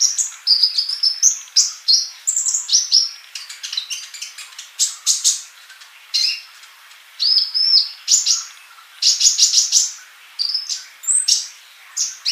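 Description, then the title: Bird song, a rapid, varied run of high chirps, short whistled slurs and sharp ticks, delivered in bursts with brief pauses between phrases. "Kicau Burung"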